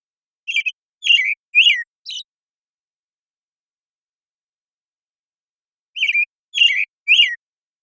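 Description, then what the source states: American Robin singing caroling whistled phrases, three or four short slurred notes in a burst, a pause of several seconds, then another burst of three phrases; otherwise quiet. Morning song in a very long sequence, Pacific Northwest, Washington, United States; parabolic microphone recording, processed clean for clarity with natural pacing and rhythm kept.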